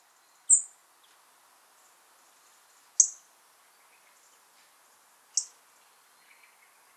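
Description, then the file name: European robin calls, thin high-pitched notes given singly about every two to three seconds, against faint background hiss. "Erithacus rubecula"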